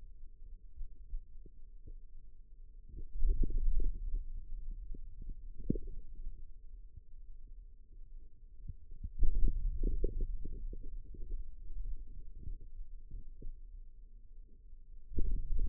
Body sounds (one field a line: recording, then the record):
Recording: forearm muscle sounds (acoustic myography)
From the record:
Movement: hand opening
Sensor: system 2, bracelet of six BSWA MPA416 microphones around the upper forearm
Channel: 4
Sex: male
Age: 22 years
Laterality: right